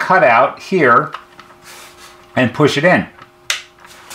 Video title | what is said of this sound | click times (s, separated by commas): Replacement "Push-Latches" for Music & Sound (M&S Systems) Models MC602 ~ MC702 ~ MC902 Masters | you might have heard it go click because as the ears expand as you push it | 3.5 s